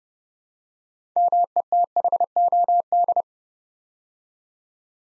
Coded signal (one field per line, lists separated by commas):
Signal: Morse code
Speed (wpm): 30 wpm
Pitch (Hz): 700 Hz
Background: none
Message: METHOD